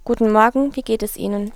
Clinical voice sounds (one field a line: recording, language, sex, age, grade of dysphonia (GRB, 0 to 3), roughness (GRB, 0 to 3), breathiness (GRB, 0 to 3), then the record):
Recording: spoken sentence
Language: German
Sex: female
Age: 20 to 29 years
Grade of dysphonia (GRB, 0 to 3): 0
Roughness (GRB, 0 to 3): 0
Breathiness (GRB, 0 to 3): 0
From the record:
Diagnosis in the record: healthy voice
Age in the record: 20 years